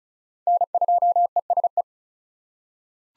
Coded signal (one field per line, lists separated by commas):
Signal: Morse code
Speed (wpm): 36 wpm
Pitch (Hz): 700 Hz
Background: none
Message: N2ESE